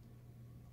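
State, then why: Not seated. A plastic/metal watch band latch is handled at the slot of a smartwatch case, with only a steady low hum and faint background noise throughout. No click is heard; the band has not yet snapped into the case.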